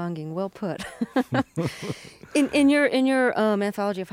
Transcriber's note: laughs